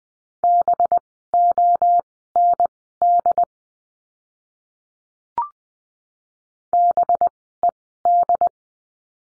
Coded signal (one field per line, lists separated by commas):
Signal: Morse code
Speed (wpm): 20 wpm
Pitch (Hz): 700 Hz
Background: none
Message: BOND BED